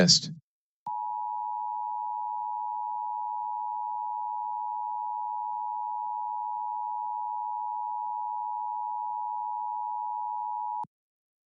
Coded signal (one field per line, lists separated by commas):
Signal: Emergency Alert System (SAME) tones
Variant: 853 and 960 Hz attention tone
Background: speech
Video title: LIVE AM/MW DX: DX Central Live - S. 3, Ep. 4 | Friday October 14, 2022 | MWFC: 570 & 1053 kHz